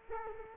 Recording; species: mosquito wingbeat signal from an infrared sensor; Culex quinquefasciatus